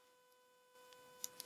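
An SD memory card is pushed into the card slot in the battery compartment of a Fujifilm X-T30 III camera over a steady hum with faint tones. A sharp click at 1.2 s marks the card latching securely into place, followed by smaller clicks at 1.4 s and 1.5 s.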